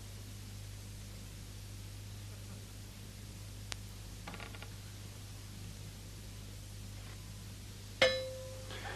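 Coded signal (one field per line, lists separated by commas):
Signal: radio time signal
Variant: improvised pen-on-lamp strike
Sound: near silence with hum, then one bright metallic clink ringing briefly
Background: mains hum, room noise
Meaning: Marks the top of the hour in place of the missing pips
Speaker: A resourceful Lawrence Reeve-Jones there, striking the hour with his pen on the continuity angle-poised lamp.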